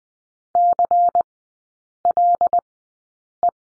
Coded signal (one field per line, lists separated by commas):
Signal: Morse code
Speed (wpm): 20 wpm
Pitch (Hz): 700 Hz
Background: none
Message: CLE